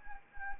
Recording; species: mosquito wingbeat signal from an infrared sensor; Anopheles arabiensis